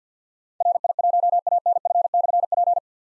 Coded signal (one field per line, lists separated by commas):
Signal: Morse code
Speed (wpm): 52 wpm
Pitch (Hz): 700 Hz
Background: none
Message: RI1ANF/P